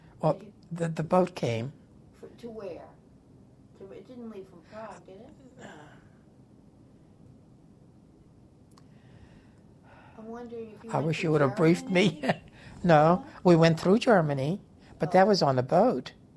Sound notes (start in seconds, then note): 5.6 sighs; 5.7 pause; 11.6 laughs